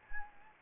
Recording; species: mosquito wingbeat signal from an infrared sensor; Anopheles gambiae